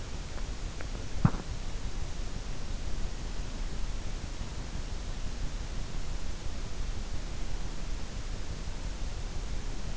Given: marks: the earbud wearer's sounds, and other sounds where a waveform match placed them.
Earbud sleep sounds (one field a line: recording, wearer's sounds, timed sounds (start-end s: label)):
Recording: sounds in sleep by an in-ear microphone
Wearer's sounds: swallowing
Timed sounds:
0.00-2.28 s: swallowing